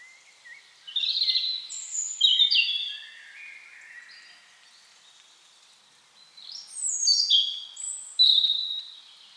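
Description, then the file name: European robin delivering two warbled phrases of high, liquid whistles and quick trills, with a quieter pause between them. "Erithacus rubecula"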